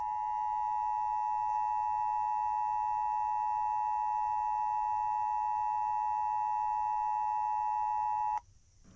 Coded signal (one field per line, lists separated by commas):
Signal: Emergency Alert System (SAME) tones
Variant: 853 and 960 Hz attention tone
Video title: EAS SCENARIO: Nicholas the Killing Spree (First EAS scenario)